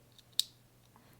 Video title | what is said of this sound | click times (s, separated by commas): Outdoor Edge - New Showroom Products | right there that click is just letting you know that it is secure and | 0.4 s